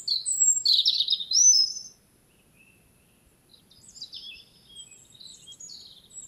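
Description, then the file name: European robin song: a bright, high twittering phrase with quick trills, a pause, then softer thin warbled notes. "Erithacus rubecula"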